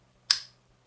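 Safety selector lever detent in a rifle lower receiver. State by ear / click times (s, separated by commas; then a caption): seated / 0.3 s. An AR-15 safety selector lever, a blue Ft Tyrant CNC ambidextrous lever, is rotated in the rifle's lower receiver, where a spring-loaded detent engages it. A single sharp, bright click at 0.3 s decays quickly over a faint low steady hum. The lever has clicked into its detent position and is seated.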